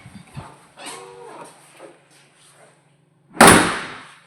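Someone handles an apartment door with a key, producing soft rustles and a creaky, scraping stretch, then a loud bang at 3.4 s that rings out to the end. The key has not yet turned, and nothing has clicked or locked yet.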